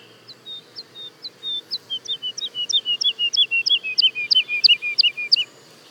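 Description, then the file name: Woodlark song: a long series of down-slurred whistled notes, soft at first and steadily louder, later given in high and low pairs. Daytime song and duet recorded at Le Puech, France. "alouette lulu chant de jour et duett Le Puech F"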